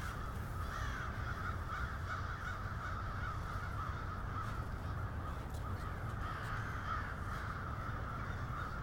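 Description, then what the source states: Crows calling together, continuous overlapping caws with a few louder calls breaking through, low rumble in the background. Several crows.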